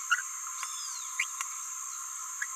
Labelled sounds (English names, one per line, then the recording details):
Green-rumped Parrotlet babbling
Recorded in a nest box in Venezuela
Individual 18B17A4